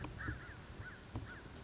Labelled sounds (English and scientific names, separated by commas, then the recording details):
American Crow (Corvus brachyrhynchos)
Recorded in Sonoma County, California